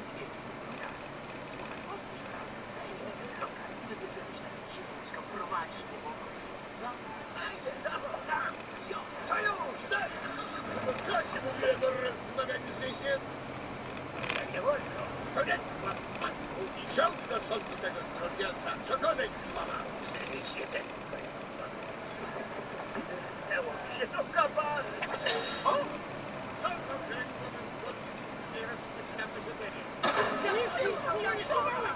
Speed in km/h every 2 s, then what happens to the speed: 25, 23, 19, 19, 17, 18, 24, 29, 32, 31, 30, 28, 27, 28, 28, 30.
0-9 slows to 17. 9-16 speeds up to 32. 16-32 steady at about 28.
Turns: none.